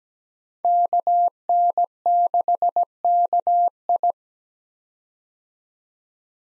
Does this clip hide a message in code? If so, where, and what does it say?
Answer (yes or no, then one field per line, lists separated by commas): yes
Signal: Morse code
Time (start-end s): 0.6-4.1 s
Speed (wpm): 17 wpm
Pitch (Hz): 700 Hz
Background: none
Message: KN6KI